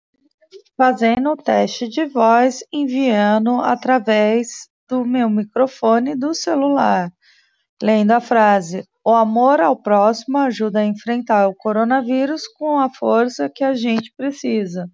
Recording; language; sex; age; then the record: spoken sentence; Brazilian Portuguese; female; 30 to 39 years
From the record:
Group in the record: control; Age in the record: 38 years